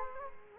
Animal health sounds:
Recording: mosquito wingbeat signal from an infrared sensor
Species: Culex quinquefasciatus

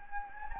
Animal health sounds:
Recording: mosquito wingbeat signal from an infrared sensor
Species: Anopheles gambiae

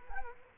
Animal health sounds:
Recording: mosquito wingbeat signal from an infrared sensor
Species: Culex quinquefasciatus

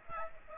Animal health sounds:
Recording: mosquito wingbeat signal from an infrared sensor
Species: Aedes aegypti

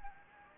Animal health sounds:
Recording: mosquito wingbeat signal from an infrared sensor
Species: Anopheles gambiae

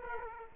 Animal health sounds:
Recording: mosquito wingbeat signal from an infrared sensor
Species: Aedes aegypti

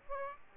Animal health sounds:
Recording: mosquito wingbeat signal from an infrared sensor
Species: Aedes aegypti

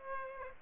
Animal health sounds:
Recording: mosquito wingbeat signal from an infrared sensor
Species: Aedes aegypti

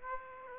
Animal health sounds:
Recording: mosquito wingbeat signal from an infrared sensor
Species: Aedes aegypti

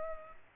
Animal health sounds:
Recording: mosquito wingbeat signal from an infrared sensor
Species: Culex quinquefasciatus

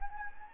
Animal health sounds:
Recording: mosquito wingbeat signal from an infrared sensor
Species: Anopheles gambiae

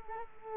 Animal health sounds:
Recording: mosquito wingbeat signal from an infrared sensor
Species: Culex quinquefasciatus

